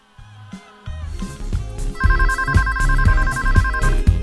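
telephone ringing

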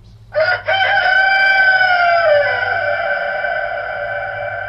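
rooster crowing

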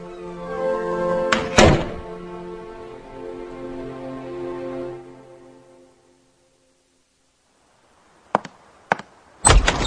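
door closing shut

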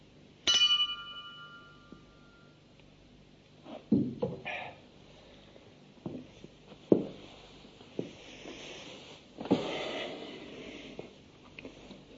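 wine glasses clinking

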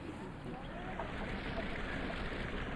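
flowing river water

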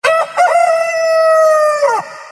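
rooster crowing

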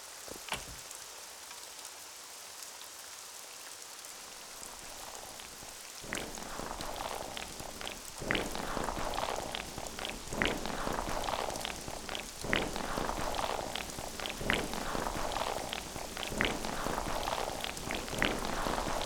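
rain falling

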